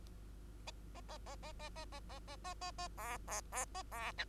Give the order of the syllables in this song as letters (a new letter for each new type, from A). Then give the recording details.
A A A A A A A A A A A A A B B B A B C. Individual Bird2